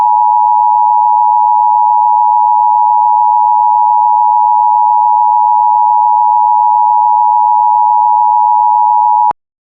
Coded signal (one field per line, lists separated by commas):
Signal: Emergency Alert System (SAME) tones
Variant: 853 and 960 Hz attention tone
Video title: The 2034 Columbus riots. EAS Scenario￼